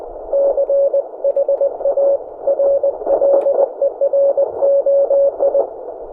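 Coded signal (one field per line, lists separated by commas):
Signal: Morse code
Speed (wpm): 19 wpm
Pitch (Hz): 560 Hz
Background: none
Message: CHARLEROI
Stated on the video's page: Field operation in the mountains with a PRC-320 and Elecraft K1.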